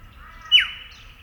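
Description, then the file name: Eastern yellow robin call: one sharp, loud note sweeping steeply downward, over faint background noise. "Eopsaltria Australis"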